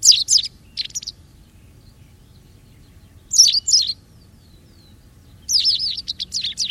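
White wagtail calls, high sharp chirps in three short clusters spaced a few seconds apart, clear against near-silent background.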